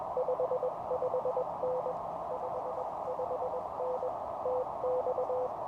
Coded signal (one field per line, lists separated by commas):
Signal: Morse code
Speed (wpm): 21 wpm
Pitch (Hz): 510 Hz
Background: none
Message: 55N 55N TX